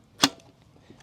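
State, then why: Seated. An ebike battery pack weighing over 30 pounds, from an Aniioki AQ177 Pro Max, is pushed into its frame mount with the key removed. It snaps in with a sharp click at 0.2 s, followed by a few faint ticks. The battery is seated and locked in.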